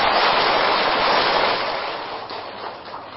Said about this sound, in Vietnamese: Xin quý vị Phật tử cho ni chúng chùa Giác Huê một tràng pháo tay.